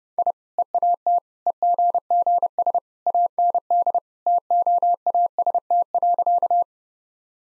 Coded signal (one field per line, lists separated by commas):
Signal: Morse code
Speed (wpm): 30 wpm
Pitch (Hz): 700 Hz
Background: none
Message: I EAT EGGS AND TOAST.